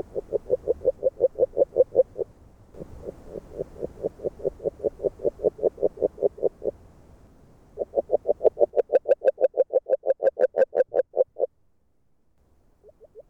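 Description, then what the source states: Agile frog uttering long rapid series of muffled knocking notes in three bursts separated by short gaps, ending in a few faint notes. Hungary.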